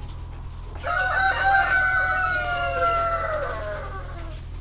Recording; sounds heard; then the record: poultry house recording; healthy chickens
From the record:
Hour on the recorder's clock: 18